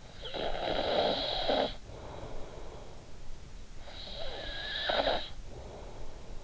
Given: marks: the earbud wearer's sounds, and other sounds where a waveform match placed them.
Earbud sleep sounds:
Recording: sounds in sleep by an in-ear microphone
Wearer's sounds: snoring breath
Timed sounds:
0.01-3.36 s: snoring breath
3.61-6.44 s: snoring breath

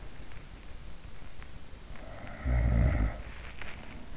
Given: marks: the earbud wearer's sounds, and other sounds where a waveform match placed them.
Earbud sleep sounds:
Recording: sounds in sleep by an in-ear microphone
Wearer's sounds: snoring breath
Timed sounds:
2.21-3.62 s: snoring breath

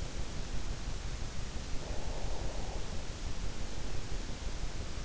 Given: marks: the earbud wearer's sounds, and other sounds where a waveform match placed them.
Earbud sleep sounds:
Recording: sounds in sleep by an in-ear microphone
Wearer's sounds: breath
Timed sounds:
1.60-3.96 s: breath

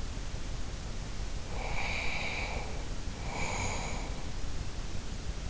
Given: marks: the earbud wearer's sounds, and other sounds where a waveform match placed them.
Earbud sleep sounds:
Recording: sounds in sleep by an in-ear microphone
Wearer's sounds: breath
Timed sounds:
1.50-4.35 s: breath

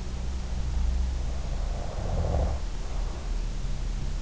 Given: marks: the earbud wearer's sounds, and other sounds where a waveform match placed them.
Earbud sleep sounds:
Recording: sounds in sleep by an in-ear microphone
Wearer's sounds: snoring breath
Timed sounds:
1.12-3.29 s: snoring breath

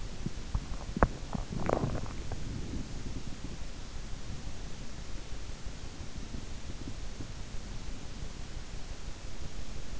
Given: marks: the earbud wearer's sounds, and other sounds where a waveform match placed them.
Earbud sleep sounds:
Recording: sounds in sleep by an in-ear microphone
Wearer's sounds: body movement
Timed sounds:
0.00-4.01 s: body movement

